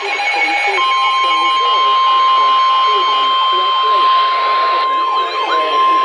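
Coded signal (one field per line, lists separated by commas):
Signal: Emergency Alert System (SAME) tones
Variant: 1050 Hz attention tone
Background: speech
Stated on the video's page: Six real EAS alerts received from NOAA Weather Radio and AM/FM: three severe thunderstorm warnings and three flash flood warnings.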